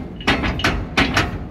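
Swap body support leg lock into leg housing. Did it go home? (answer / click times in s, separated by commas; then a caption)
yes / 0.7 s, 1.2 s. The steel support leg of a swap body container is squeezed so its locking mechanism engages into the leg housing, with a series of short, sharp broadband clacks. The lock clicks in at 0.7 s and 1.2 s. The leg is seated and confirmed locked.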